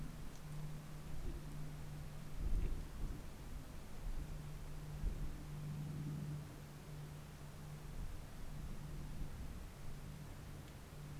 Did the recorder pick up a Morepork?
no